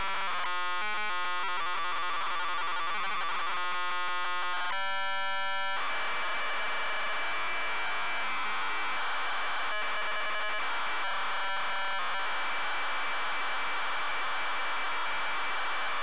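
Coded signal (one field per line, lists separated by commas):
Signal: ZX Spectrum tape loading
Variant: ZX Spectrum cassette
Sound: harsh buzzing square-wave tones switching rapidly, then rough screeching data noise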